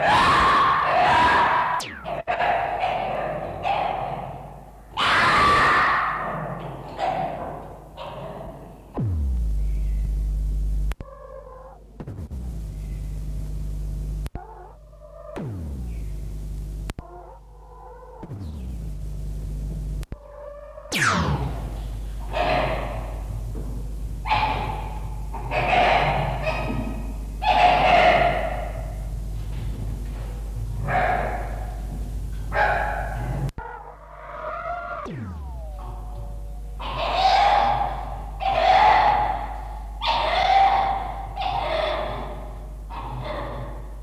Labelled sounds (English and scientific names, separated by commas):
Red Fox (Vulpes vulpes)